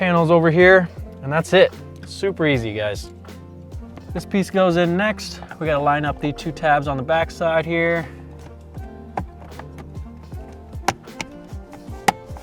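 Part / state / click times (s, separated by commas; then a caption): plastic interior trim panel into car dashboard/console / not seated / none. A plastic interior trim panel for a Subaru WRX dashboard/console is handled for refitting after an amplifier install, with its two rear tabs being lined up. Someone talks over background music during the first 8 seconds. Then there are sharp taps and knocks around 9.2, 9.6, 10.9, 11.2 and 12.1 seconds, but the panel has not seated or clicked into place yet.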